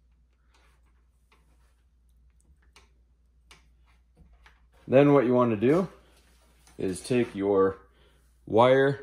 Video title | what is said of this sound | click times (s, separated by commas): How To Properly Use A T-Tap Wire Connector | close this up till it clicks | 2.8 s, 3.5 s